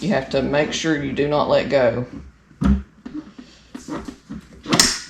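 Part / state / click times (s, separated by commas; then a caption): tablet rear mounting attachment into wheelchair mount plate / seated / 4.7 s, 4.8 s. Someone talks while sliding the rear mounting attachment of a Tobii Dynavox speech-generating tablet onto a wheelchair mount plate, followed by a few small knocks. Sharp spring-pin clicks sound at 4.7 s and 4.8 s as the attachment seats, and the pin clicking means the tablet is secured on the plate.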